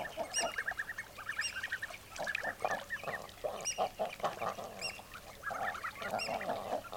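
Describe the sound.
Common eiders giving repeated honking calls in short bursts, with occasional high, thin calls.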